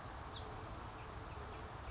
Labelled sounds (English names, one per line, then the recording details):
House Finch
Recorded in Sonoma County, California